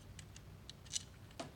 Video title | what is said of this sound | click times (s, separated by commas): How to Take Video & Photos and record Directly to Micro SD Card with Altair Outlaw SE | follow the instructions on the little graphic there and put the micro SD card in until it clicks whoa okay | 1.0 s